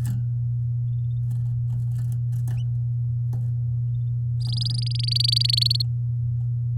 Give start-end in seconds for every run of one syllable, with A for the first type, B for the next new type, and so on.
4.41-5.82 A